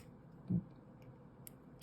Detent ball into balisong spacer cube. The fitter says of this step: pop that in, it'll snap right into place.